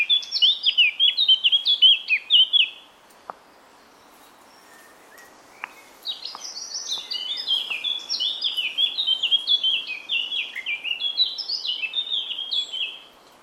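Eurasian Blackcap delivering rich, rapid warbled phrases: a short burst at the start, a brief pause with a few ticks, then a sustained stream of varied notes.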